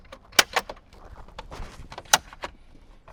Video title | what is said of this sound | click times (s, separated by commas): Toyota Tacoma Kenwood DMX-1058XR Installation - 2016 - 2023 Toyota Tacoma | Now, you'll feel it click in to the holders. | 0.4 s, 2.1 s